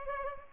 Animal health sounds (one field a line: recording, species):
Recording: mosquito wingbeat signal from an infrared sensor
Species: Culex pipiens